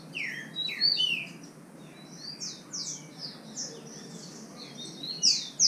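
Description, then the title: Green-winged saltator song: clear, loud, slurred whistles dropping in pitch, phrases overlapping with further high whistled notes over a steady background hiss. Bird named Nicão singing in the bush (mato), competing in song with a free-living bird. "Trinca Ferro NICÃ O No Mato Disputando Com Solto"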